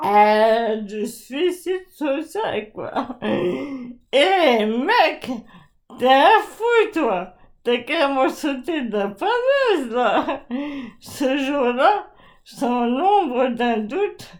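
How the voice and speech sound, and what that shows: Slow, drawn-out French speech from a 40-year-old woman with stretched vowels and slurred consonants: dysarthria from Charcot disease (amyotrophic lateral sclerosis), a disease that wastes all the body's muscles until complete paralysis. Her voice is badly affected, with articulation difficulties worsening little by little while her mind remains intact.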